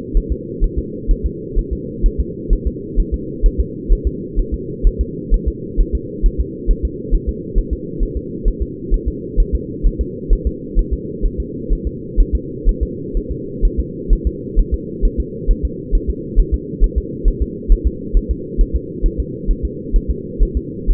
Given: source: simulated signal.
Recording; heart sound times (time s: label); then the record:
fetal heart sounds
0.17 s: S1
0.32 s: S2
0.64 s: S1
0.79 s: S2
1.11 s: S1
1.26 s: S2
1.59 s: S1
1.73 s: S2
2.06 s: S1
2.20 s: S2
2.53 s: S1
2.67 s: S2
3.00 s: S1
3.14 s: S2
3.46 s: S1
3.60 s: S2
3.93 s: S1
4.07 s: S2
4.39 s: S1
4.54 s: S2
4.87 s: S1
5.01 s: S2
5.34 s: S1
5.48 s: S2
5.80 s: S1
5.95 s: S2
6.26 s: S1
6.40 s: S2
6.71 s: S1
6.85 s: S2
7.15 s: S1
7.29 s: S2
7.59 s: S1
7.73 s: S2
8.03 s: S1
8.17 s: S2
8.48 s: S1
8.62 s: S2
8.94 s: S1
9.08 s: S2
9.40 s: S1
9.55 s: S2
9.87 s: S1
10.01 s: S2
10.33 s: S1
10.47 s: S2
10.79 s: S1
10.93 s: S2
11.25 s: S1
11.40 s: S2
11.73 s: S1
11.87 s: S2
12.20 s: S1
12.35 s: S2
12.69 s: S1
12.83 s: S2
13.17 s: S1
13.32 s: S2
13.65 s: S1
13.80 s: S2
14.13 s: S1
14.27 s: S2
14.59 s: S1
14.74 s: S2
15.05 s: S1
15.20 s: S2
15.51 s: S1
15.65 s: S2
15.95 s: S1
16.10 s: S2
16.40 s: S1
16.54 s: S2
16.84 s: S1
16.98 s: S2
17.28 s: S1
17.42 s: S2
17.72 s: S1
17.87 s: S2
18.17 s: S1
18.31 s: S2
18.61 s: S1
18.76 s: S2
19.06 s: S1
19.20 s: S2
19.51 s: S1
19.65 s: S2
19.96 s: S1
20.11 s: S2
20.43 s: S1
20.57 s: S2
20.91 s: S1
From the record:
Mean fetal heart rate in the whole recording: 130 bpm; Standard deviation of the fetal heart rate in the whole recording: 4 bpm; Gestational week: 38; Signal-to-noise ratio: -4.1 dB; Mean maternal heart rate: no maternal heart sound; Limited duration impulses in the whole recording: absent